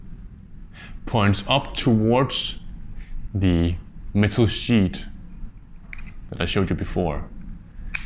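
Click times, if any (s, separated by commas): 7.9 s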